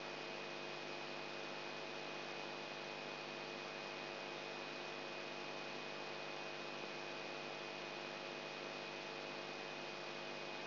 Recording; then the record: brain microelectrode recording played as sound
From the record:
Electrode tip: outside the subthalamic nucleus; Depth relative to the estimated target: -2 mm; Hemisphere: right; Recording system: AlphaMap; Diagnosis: Parkinson's disease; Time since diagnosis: 8 years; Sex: male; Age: 59 years